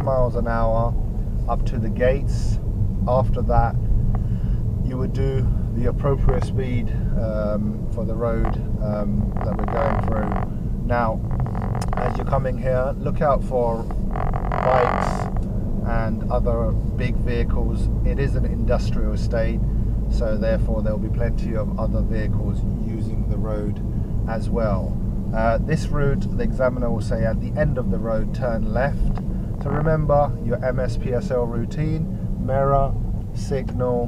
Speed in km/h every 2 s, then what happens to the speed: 18, 18, 19, 23, 23, 21, 23, 26, 27, 26, 26, 24, 24, 23, 19, 16, 15.
0-16 speeds up to 27. 16-26 steady at about 24. 26-34 slows to 15.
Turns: none.